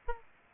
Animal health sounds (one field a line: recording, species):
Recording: mosquito wingbeat signal from an infrared sensor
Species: Aedes aegypti